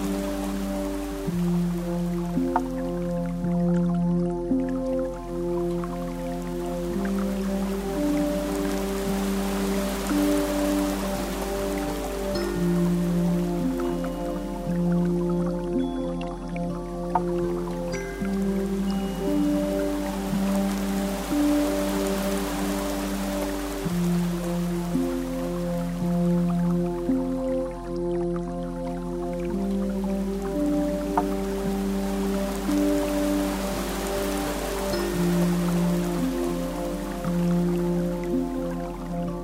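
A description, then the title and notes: Mellow pad keys hold soft, low sustained chords that shift slowly every few seconds, with a pattern that seems to repeat about every twelve seconds. A steady light rain drizzle patters underneath throughout, with scattered drips, at an even, calm loudness. Mellow rain drizzle. Mellow pad keys.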